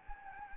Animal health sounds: mosquito wingbeat signal from an infrared sensor; Anopheles gambiae

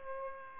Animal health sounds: mosquito wingbeat signal from an infrared sensor; Culex pipiens

